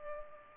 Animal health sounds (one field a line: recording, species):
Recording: mosquito wingbeat signal from an infrared sensor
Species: Culex pipiens